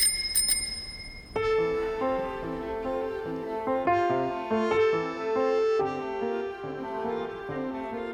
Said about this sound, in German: Mit raschem Griff holte sie einen faustgroßen, runden, matt schimmernden Gegenstand hervor. Es war eine alte Fahrradklingel, die sie zweimal betätigte. Ri-ring, ri-ring.